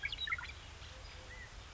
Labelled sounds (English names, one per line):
California Quail